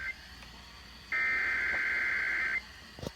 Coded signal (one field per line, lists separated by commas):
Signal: Emergency Alert System (SAME) tones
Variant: header bursts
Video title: North Anna Q3 2021 Siren Test RMT(EAS 1,904-1,920, 1,928)